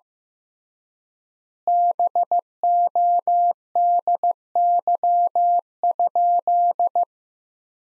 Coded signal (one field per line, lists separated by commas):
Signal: Morse code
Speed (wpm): 15 wpm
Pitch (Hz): 700 Hz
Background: none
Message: BODY?